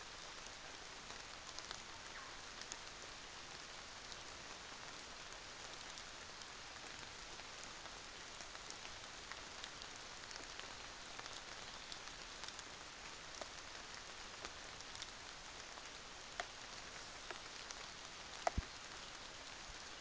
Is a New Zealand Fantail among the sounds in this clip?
no